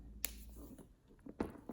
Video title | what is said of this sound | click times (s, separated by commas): Louis Vuitton Damier Azur Neonoe Eau de Rose: First Time Poshmark Unboxing Authenticating Bag Reveal | So there's a button down here and it snaps back in. | 0.2 s